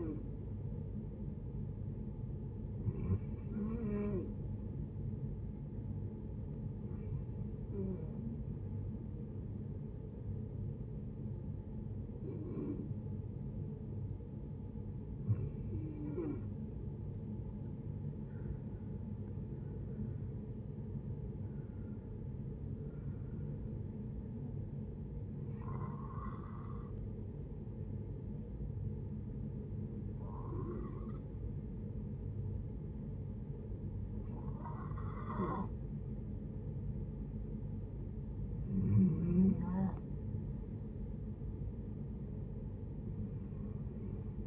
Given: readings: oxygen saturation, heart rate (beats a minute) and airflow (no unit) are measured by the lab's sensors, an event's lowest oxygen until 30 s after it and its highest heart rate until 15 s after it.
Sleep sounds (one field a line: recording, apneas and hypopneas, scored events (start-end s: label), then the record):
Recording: breathing in sleep by a smartphone at the bedside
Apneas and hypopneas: none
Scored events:
none scored
From the record:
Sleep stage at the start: N1 (lightest sleep)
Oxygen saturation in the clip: 90 to 95%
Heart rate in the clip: 60 to 79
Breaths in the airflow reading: 11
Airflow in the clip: -8.4 to 9.6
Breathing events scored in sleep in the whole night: 496 in 5.4 hours asleep